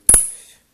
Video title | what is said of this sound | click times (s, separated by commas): Monter un PC A-Z Deuxieme Partie (Montage) | Voilà, on clic par ici. | 0.1 s